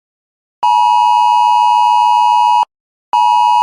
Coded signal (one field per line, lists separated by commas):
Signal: Emergency Alert System (SAME) tones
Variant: 853 and 960 Hz attention tone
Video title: Mini EAS Scenario - That’s No Satellite